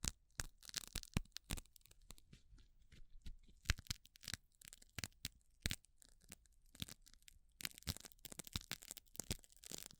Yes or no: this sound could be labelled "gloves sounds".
yes